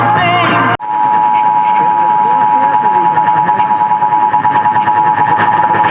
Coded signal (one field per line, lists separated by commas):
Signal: Emergency Alert System (SAME) tones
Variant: 853 and 960 Hz attention tone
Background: speech, music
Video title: New York City RMTs (2/9/22)(EAS 1082-1084)